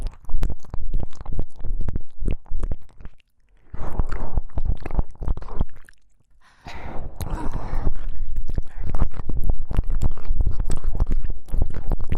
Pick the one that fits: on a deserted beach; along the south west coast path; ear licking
ear licking